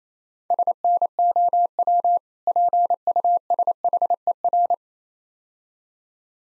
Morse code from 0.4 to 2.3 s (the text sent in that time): SNOW